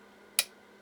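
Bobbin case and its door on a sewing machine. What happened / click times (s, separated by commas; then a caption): The small metal door latched into place / 0.4 s. On a 1958 Czech-made LADA T-132 sewing machine, the metal bobbin door over the bobbin case is pushed further and latches into place with a single sharp click at 0.4 s, over a quiet steady background hum. The door is latched, though the bobbin case may not be correctly aligned.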